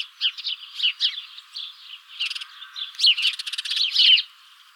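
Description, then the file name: House sparrow chirping calls, quick overlapping chirps and a brief buzzy, rattling burst in the middle, then fading out. "Passer domesticus"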